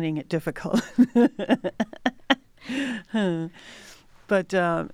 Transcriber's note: laughter